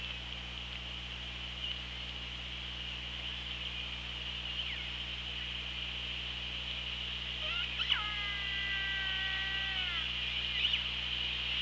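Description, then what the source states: Killer whale call: one strong, drawn-out harmonic call that starts with a sharp upsweep and then holds level, plus a few faint calls, over constant hiss and low hum. Recorded on the Orca Lab hydrophone, 24 August 2017 at 17:23.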